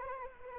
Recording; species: mosquito wingbeat signal from an infrared sensor; Anopheles arabiensis